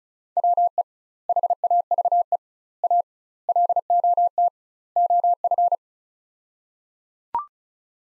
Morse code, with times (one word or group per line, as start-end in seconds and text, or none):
0.4-0.8 WE
1.3-2.4 HAVE
2.8-3.0 A
3.5-4.5 LOT
5.0-5.8 OF